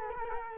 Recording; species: mosquito wingbeat signal from an infrared sensor; Culex quinquefasciatus